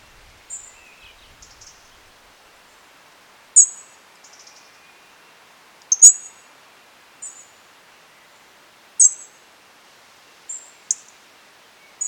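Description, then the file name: European robin calling with a series of thin, high-pitched notes at irregular intervals of one to three seconds, with softer, lower twittering notes in between. "Erithacus rubecula"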